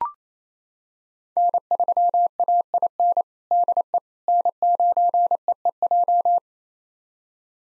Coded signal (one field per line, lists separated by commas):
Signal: Morse code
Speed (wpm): 28 wpm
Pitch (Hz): 700 Hz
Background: none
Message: N3AIN DE N9EEJ